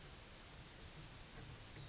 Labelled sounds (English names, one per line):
Yellowhammer song